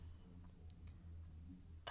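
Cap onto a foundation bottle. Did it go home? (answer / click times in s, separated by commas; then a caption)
no / none. A cap is lowered onto a glass foundation bottle, expecting a magnetic cap to snap into place on its own, but only light ticks are heard near 0.7 and 0.9 seconds, followed by a sharper knock at the end. The cap does not self-snap shut, and nothing has seated or clicked yet.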